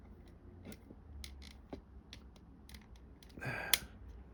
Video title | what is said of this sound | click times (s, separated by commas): Fanhome Star Wars: Build the Legendary Sith Lord - 'Darth Vader' - Stage 1 | Oh, that's clicked in place there. | 3.7 s